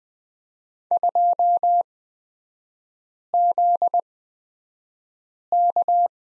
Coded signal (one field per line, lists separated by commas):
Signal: Morse code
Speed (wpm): 20 wpm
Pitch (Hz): 700 Hz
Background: none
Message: 2ZK